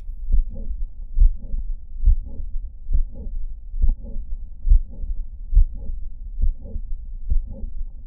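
Heart by stethoscope, about 69 beats per minute, in an adult. A fairly loud late systolic murmur with a musical component, from mitral valve prolapse. The regurgitation occupies only the end of systole, and this late systolic timing indicates the regurgitation is hemodynamically insignificant.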